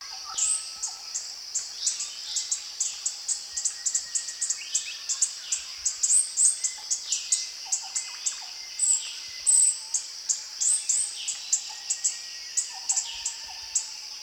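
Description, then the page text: Orange-bellied flowerpecker calls: a dense, rapid series of high, dry ticks and chips over a persistent high-pitched insect chorus. Recorded at Danum. "Sound of Orange-bellied Flowerpecker at Danum by EDWARDS, David"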